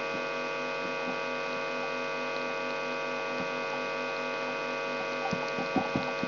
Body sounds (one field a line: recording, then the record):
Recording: brain microelectrode recording played as sound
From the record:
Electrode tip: outside the subthalamic nucleus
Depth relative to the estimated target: 1 mm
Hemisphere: right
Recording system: AlphaMap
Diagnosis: Parkinson's disease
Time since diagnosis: 17 years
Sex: male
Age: 64 years